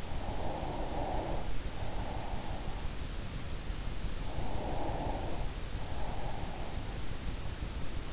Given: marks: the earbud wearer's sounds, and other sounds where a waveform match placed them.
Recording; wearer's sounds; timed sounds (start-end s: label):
sounds in sleep by an in-ear microphone; breath
0.00-3.06 s: breath
4.06-7.21 s: breath